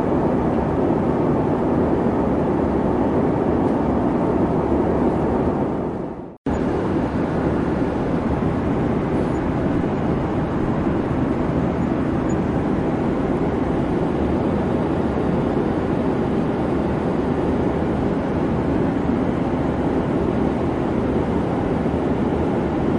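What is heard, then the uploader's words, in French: A steady roar fills an airplane cabin, dense and even, strongest in the low and middle range with a hiss above. Around six seconds the sound drops out completely for an instant, then resumes unchanged for the rest of the clip. Les sons à bord d'un avion (bruit blanc).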